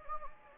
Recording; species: mosquito wingbeat signal from an infrared sensor; Anopheles gambiae